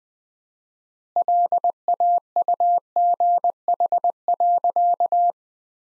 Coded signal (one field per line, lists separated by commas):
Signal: Morse code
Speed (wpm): 21 wpm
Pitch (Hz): 700 Hz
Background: none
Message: LAUGH.